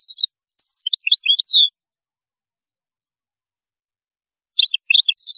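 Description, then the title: European goldfinch giving a short twittering phrase ending in a slurred note, then a long silence and a brief restart. "Chant Chardonneret"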